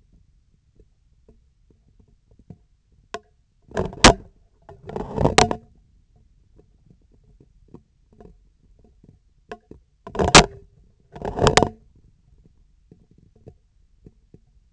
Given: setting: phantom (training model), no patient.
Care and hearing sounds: laparoscopic instrument, vibration sensor on the handle end; scissors; opening and closing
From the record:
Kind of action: tool actuation without material contact

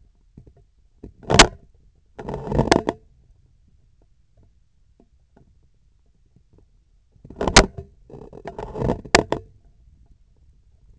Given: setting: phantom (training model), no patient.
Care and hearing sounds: laparoscopic instrument, vibration sensor on the handle end; scissors; opening and closing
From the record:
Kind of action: tool actuation without material contact

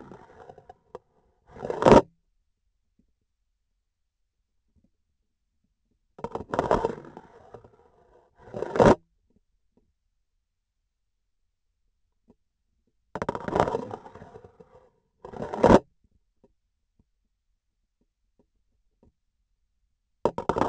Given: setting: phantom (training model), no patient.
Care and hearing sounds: laparoscopic instrument, vibration sensor on the handle end; grasping forceps; insertion and removal through the trocar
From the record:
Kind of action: spatial motion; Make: other than Olympus

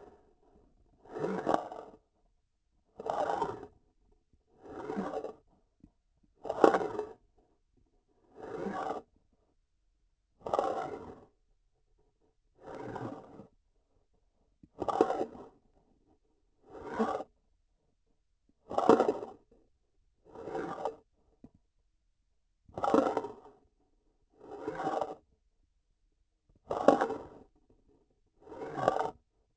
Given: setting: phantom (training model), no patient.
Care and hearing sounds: laparoscopic instrument, vibration sensor on the handle end; grasping forceps; approaching and retracting movements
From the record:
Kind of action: spatial motion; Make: Olympus

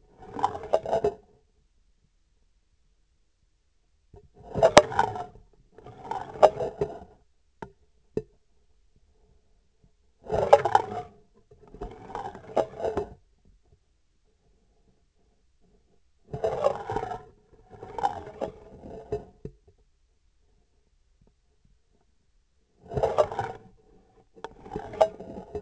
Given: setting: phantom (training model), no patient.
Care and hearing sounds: laparoscopic instrument, vibration sensor on the handle end; scissors; approaching and retracting movements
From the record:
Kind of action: spatial motion

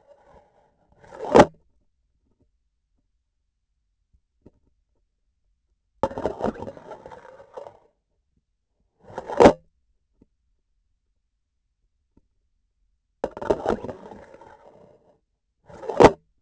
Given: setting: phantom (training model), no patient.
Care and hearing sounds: laparoscopic instrument, vibration sensor on the handle end; grasping forceps; insertion and removal through the trocar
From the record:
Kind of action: spatial motion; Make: other than Olympus

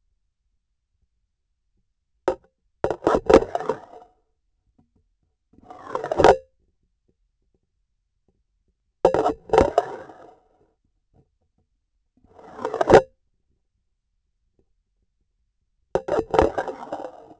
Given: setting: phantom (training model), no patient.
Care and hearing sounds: laparoscopic instrument, vibration sensor on the handle end; grasping forceps; insertion and removal through the trocar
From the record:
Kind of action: spatial motion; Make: Olympus

